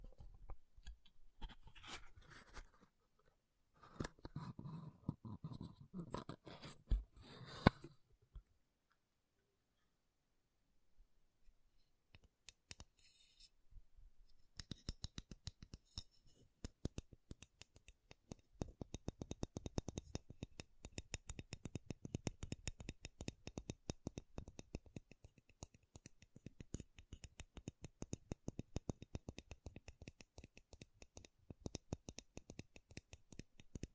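Makeup tapping and scratching: dense, fast clusters of small clicks and scratches fill the first eight seconds, then near silence for several seconds. From about twelve seconds the tapping resumes, growing into a steady, rapid patter of crisp taps with soft low thuds that continues to the end.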